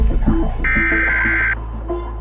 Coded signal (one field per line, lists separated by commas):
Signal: Emergency Alert System (SAME) tones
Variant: header bursts